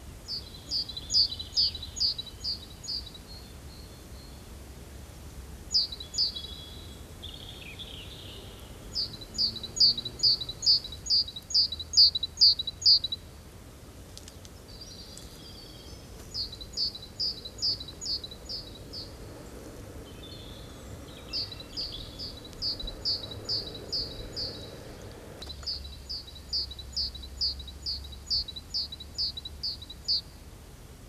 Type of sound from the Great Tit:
song